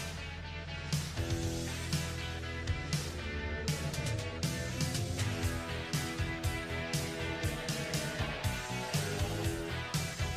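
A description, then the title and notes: Music plays throughout, with sustained tones and a deep low hum running underneath. Sharp, clacking hits land at a fairly regular pace, roughly twice a second, with some bursts coming denser and brighter. The overall level stays steady across the ten seconds. Tony Stark's Lab Ambience ASMR. Mechanical whirring, tinkering sounds (hammering, drillling, etc), music.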